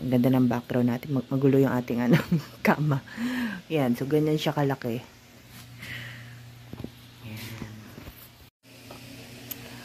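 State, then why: Not seated. Someone talks while trying to attach the body of a bladeless fan to its base, then goes quiet as faint handling sounds follow and a single short knock lands at about 9.5 s. No click is heard, and the fan part has not seated or clicked into its base yet.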